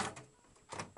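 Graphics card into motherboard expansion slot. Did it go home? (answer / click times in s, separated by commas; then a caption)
no / none. A video card is handled and pushed toward the first black expansion slot on the motherboard of a Dell Dimension E521, giving soft broadband scraping and rustling bursts at the start and again around 0.7–0.8 s, with a small sharp tap near 1.0 s. Nothing has seated or clicked yet.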